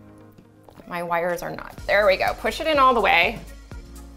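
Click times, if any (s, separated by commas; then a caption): none. A second black wire is handled and pushed all the way into the next lever terminal on a light switch while someone talks, with a few faint ticks of handling. The clip ends before the terminal lever is snapped shut, so nothing has seated or clicked yet.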